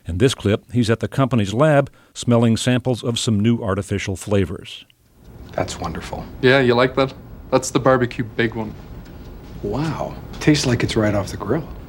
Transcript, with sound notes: In this clip he's at the company's lab smelling samples of some new artificial flavors.
(Soundbite from "Fast Food Nation") That's wonderful.
Yeah, you like that. That's the Barbecued Big One.
Wow, it tastes like it's right off the grill!